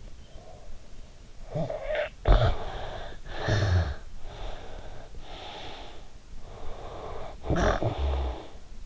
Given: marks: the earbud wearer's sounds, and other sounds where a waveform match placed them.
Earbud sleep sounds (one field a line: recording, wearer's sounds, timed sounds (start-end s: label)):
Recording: sounds in sleep by an in-ear microphone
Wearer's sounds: snoring breath, breath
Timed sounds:
1.10-4.15 s: snoring breath
4.15-6.17 s: breath
6.33-8.86 s: snoring breath